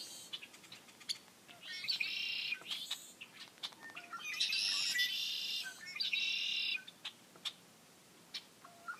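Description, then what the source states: Red-winged blackbirds, many calling: rasping buzzy trills in several bursts, interspersed with quick sharp chip notes that continue after the trills end. Many birds calling together.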